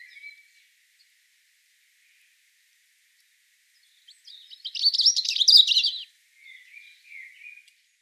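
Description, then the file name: European robin singing one rich phrase of rapid, tinkling high notes and trills, followed by a few quiet, wavering warbled notes. "Erithacus rubecula"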